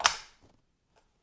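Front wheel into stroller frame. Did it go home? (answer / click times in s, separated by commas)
yes / 0.1 s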